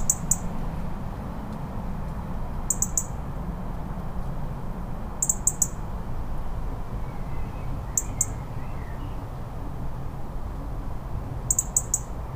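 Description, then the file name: European Robin call notes: high, thin ticks in pairs and short clusters every few seconds against a steady low hum. "Erithacus rubecula - European Robin"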